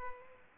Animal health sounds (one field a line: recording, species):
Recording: mosquito wingbeat signal from an infrared sensor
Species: Culex pipiens